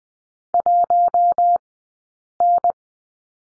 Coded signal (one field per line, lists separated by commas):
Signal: Morse code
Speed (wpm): 20 wpm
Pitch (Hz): 700 Hz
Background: none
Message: 1N